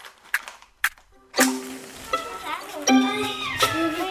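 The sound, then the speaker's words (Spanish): A match scrapes twice in short dry scratches, then catches with a sudden hissing flare, followed by a steady tonal backdrop with a few more soft bursts. “Alguien enciende un fósforo.”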